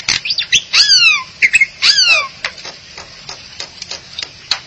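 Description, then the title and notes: Starling or myna calls: two loud downslurred whistles with harsh overtones, a short squeaky note between them, followed by softer scattered clicks. "suara burung jalak"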